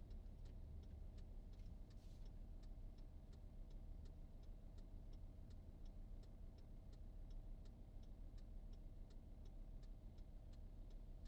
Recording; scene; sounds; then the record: everyday scene through a hearing-aid microphone; in a vehicle; engine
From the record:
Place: VW T5 Caravelle, diesel engine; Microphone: in the ear canal, right